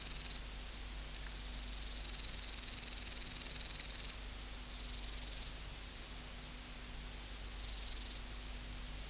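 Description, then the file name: Meadow katydid buzzing song, high and sizzling, with one long burst of about two seconds and shorter bursts between quieter gaps; a low hum runs underneath. "Conocephalus kisi"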